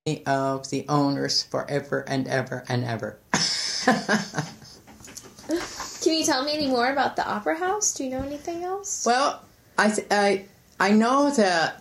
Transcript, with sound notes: of the owners forever, and ever, and ever. [laughs]
Can you tell me anymore about the opera house? Do you know anything else?
Well, I know that.